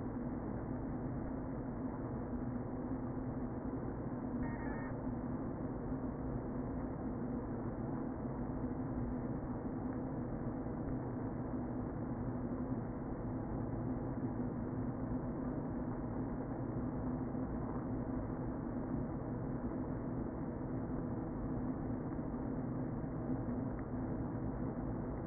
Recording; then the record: honeybee colony, microphone inside the hive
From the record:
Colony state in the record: queen present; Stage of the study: before two queens were removed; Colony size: about 60,000 bees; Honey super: yes